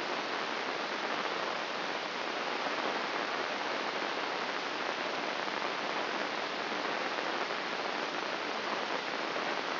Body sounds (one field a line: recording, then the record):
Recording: brain microelectrode recording played as sound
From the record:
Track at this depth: inside the subthalamic nucleus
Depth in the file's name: 3.831 mm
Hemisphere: left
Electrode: 3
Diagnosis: Parkinson's disease